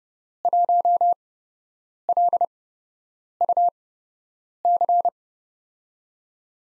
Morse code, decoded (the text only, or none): 1LUC